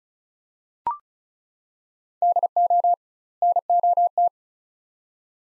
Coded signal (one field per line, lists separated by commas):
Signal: Morse code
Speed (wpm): 36 wpm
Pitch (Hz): 700 Hz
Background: none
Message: DO NOT